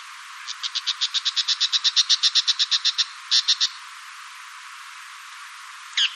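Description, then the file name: Bull-headed shrike giving a fast series of harsh, high notes rising in loudness, then a short burst of three and a single late note. "mozu"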